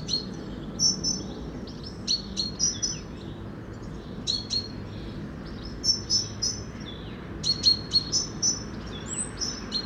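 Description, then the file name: Great tit calls: short, high, sharp notes in quick clusters of two to four, repeated at irregular intervals, over a low steady background rumble. "Parus major"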